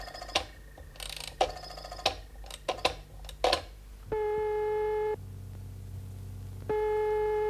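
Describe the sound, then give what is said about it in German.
A telephone being dialed to call police headquarters: a run of irregular mechanical clicks and clatter, then steady buzzing electronic line tones that shift pitch once and return, with no voices. “Kann ich bei Ihnen telefonieren?”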